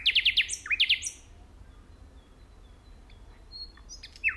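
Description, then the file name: Common nightingale song opening with a rapid burst of repeated sharp notes and a high whistle, then mostly quiet with faint notes and a final short slurred call. "Luscinia megarhynchos"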